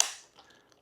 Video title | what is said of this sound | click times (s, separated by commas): Review Shark NV360 Navigator Lift-Away Deluxe Upright Vacuum | so again listen for the click | 0.0 s